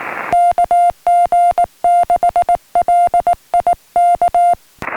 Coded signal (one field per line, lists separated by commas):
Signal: Morse code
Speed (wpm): 19 wpm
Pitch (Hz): 700 Hz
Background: music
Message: KG6LI K